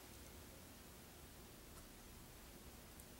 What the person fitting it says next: there's a little click for the small one